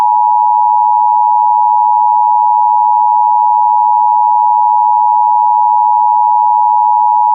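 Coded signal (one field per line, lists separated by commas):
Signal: Emergency Alert System (SAME) tones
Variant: 853 and 960 Hz attention tone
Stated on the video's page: Fictional EAS scenario, self-made.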